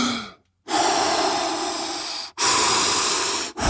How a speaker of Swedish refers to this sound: Vänta lite, jag ska bara andas lite. Jag ska bara djupandas. Jag måste få lite syra ner i lungorna så här.